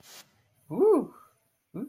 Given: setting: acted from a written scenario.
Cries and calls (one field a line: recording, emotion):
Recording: vocal sound without words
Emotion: pride